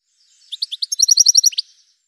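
Bird call: a quick series of about a dozen high, sharp chirps, speeding up slightly and ending with one lower note, in quiet surroundings.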